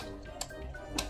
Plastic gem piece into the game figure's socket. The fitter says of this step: until you hear the click do you hear the click yep okay perfect